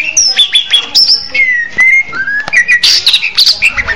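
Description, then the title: Orange-headed thrush singing a fast, varied phrase of clear whistles, slurred downward notes and brief chattering bursts, with scarcely any gap between them. "Anis Merah"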